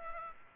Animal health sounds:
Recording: mosquito wingbeat signal from an infrared sensor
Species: Aedes aegypti

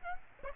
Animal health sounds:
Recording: mosquito wingbeat signal from an infrared sensor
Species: Aedes aegypti

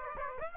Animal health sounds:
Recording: mosquito wingbeat signal from an infrared sensor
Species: Aedes aegypti

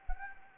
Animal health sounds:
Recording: mosquito wingbeat signal from an infrared sensor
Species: Anopheles gambiae

